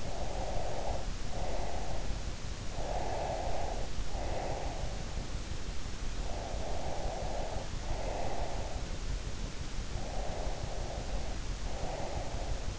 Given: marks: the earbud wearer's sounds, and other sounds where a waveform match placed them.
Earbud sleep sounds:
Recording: sounds in sleep by an in-ear microphone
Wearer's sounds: breath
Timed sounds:
0.00-2.23 s: breath
2.74-5.20 s: breath
6.20-8.98 s: breath
10.00-12.79 s: breath

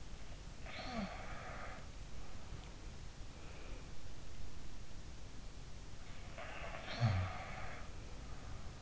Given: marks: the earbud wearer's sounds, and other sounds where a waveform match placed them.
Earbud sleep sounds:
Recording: sounds in sleep by an in-ear microphone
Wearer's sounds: breath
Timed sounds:
0.46-2.07 s: sound from someone else or the room
3.26-4.08 s: breath
6.29-7.96 s: sound from someone else or the room

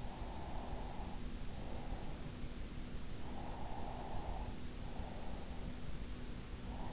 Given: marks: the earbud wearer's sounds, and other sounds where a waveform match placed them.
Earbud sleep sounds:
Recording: sounds in sleep by an in-ear microphone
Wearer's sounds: breath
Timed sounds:
0.05-2.05 s: breath
3.05-6.05 s: breath

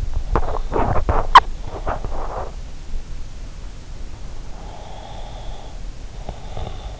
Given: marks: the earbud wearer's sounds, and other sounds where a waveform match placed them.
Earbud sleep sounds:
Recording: sounds in sleep by an in-ear microphone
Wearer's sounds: swallowing, breath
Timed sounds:
0.27-2.48 s: swallowing
4.66-7.00 s: breath

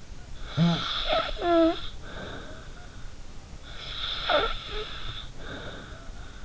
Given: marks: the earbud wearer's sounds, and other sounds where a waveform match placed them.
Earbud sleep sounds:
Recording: sounds in sleep by an in-ear microphone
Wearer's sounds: snoring breath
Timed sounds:
0.40-3.19 s: snoring breath
3.65-6.45 s: snoring breath

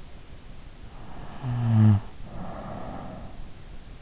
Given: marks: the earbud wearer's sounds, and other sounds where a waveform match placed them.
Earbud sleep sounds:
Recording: sounds in sleep by an in-ear microphone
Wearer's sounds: snoring breath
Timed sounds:
0.66-3.81 s: snoring breath

